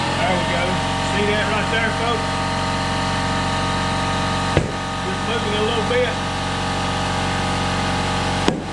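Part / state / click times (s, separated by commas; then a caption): tire bead onto wheel rim / seated / 8.5 s. A tire is mounted onto a wheel rim by hand, without a machine, while someone talks over a steady low hum. After an earlier brief knock at 4.6 s, a sharp pop at 8.5 s marks the tire bead seating onto the rim seat.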